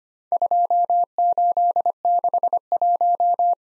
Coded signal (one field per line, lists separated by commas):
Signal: Morse code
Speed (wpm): 25 wpm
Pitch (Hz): 700 Hz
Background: none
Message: 2861